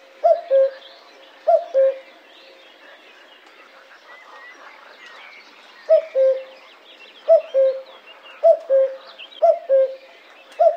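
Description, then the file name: Common cuckoo giving two-note falling cu-coo calls, two early, a pause of about four seconds, then several more in quick series, over soft background birdsong. "cuculo"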